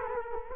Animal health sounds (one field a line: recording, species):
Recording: mosquito wingbeat signal from an infrared sensor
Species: Culex quinquefasciatus